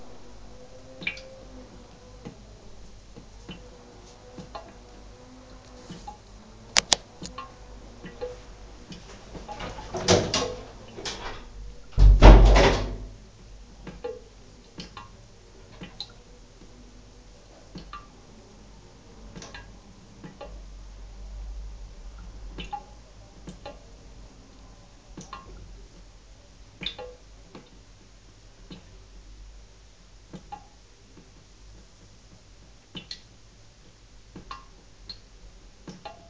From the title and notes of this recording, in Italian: Effetto Doppler 33 lo sciacquone. Oggi apprezzeremo, gaudiosi noi, la fervida attività sonora di uno sciacquone. Gocciolii irregolari, e due poderose cascate di acqua.